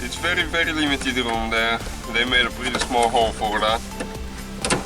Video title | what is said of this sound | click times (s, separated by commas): Vw Jetta MK5 A5 Rear Tail Light Bulb Replacement Rear Left Right Turn Signal Brake Light Bulb | we heard the click, and that's it, guys. | 4.6 s